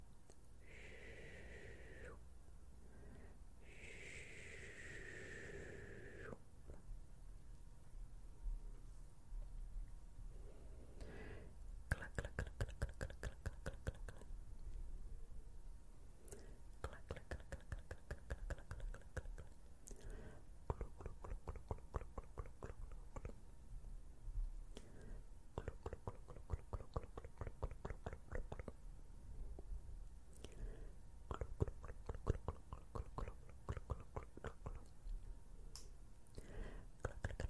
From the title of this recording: BRUSHING YOUR FACE